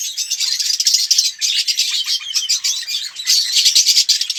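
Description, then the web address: Red-rumped parrot song: a dense, high, continuous chatter of quick chirps and twittering notes, swelling and fading with a brief lull midway. "pevcii popugai. parrots psephotus-haematonotus"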